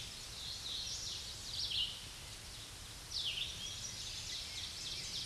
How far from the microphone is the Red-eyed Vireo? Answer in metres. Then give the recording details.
about 25 m. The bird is about 10 m above the microphone. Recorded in a Pennsylvania forest on 16 May 2024 at 07:16. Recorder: AudioMoth, point MSD-2095. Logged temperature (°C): 16.3 °C. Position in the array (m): 165 m, 70 m